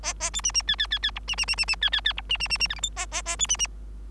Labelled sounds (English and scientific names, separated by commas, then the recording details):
Bengalese Finch (Lonchura striata domestica) song
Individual Bird3